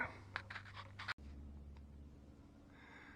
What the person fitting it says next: So there's the adapter plate popped into place.